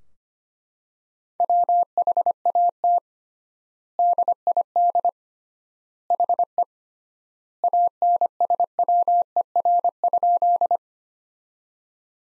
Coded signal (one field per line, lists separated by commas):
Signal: Morse code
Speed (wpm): 25 wpm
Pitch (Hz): 700 Hz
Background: none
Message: WHAT DID HE ANSWER?